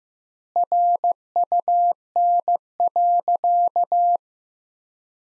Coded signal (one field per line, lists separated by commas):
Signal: Morse code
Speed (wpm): 15 wpm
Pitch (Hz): 700 Hz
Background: none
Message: RUN.